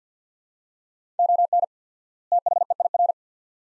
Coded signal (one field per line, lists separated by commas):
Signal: Morse code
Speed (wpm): 50 wpm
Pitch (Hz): 700 Hz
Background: none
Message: ON THEIR